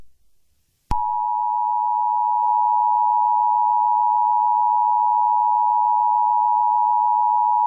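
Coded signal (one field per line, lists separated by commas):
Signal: Emergency Alert System (SAME) tones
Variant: 853 and 960 Hz attention tone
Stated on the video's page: Fictional EAS scenario of an asteroid impact, using valid EAS tones.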